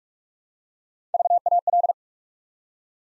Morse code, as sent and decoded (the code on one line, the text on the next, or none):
...- .- .-..
VAL